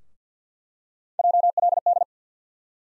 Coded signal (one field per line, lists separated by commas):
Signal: Morse code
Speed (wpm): 48 wpm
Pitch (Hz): 700 Hz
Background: none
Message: JLD